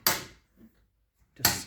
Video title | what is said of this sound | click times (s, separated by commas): How to install a vertical sliding cellular shade. | Rotate backwards. Just snap into place. | 0.1 s, 1.4 s